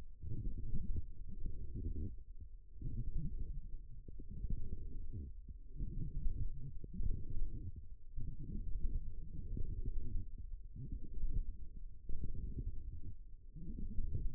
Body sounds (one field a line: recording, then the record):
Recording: forearm muscle sounds (acoustic myography)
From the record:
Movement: forearm pronation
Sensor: system 1, eight BSWA MPA416 microphones around the upper forearm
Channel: 3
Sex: female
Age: 21 years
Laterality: right